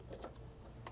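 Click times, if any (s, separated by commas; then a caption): none. A resin tank is being handled as it goes back into a Formlabs Form 4 SLA 3D printer, to be locked in from both sides. Only soft handling ticks are heard, around 0.1 s and 0.9 s, over a low steady background hum. Nothing has seated or clicked yet.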